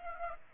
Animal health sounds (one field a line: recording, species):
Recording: mosquito wingbeat signal from an infrared sensor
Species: Aedes aegypti